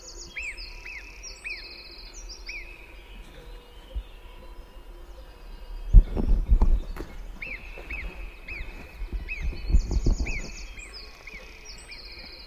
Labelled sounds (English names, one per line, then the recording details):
Alpine Marmot alarm call
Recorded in the wild
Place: Brand, Alpen, Vorarlberg, AT
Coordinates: 47.0872, 9.70472
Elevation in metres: 1508
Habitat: alp
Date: 2010-07-20
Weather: fair, 20°C, weak winds
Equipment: Sound Devices 702, Sennheiser MKH 70, Rycote Windschutz
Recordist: Frommolt, Karl-Heinz